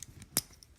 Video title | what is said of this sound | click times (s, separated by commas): #Transformers #Siege #War for Cybertron #MicroMasters "Roadhandler & Swindler" Review | arms are gonna snap into Ritz here like that and | 0.4 s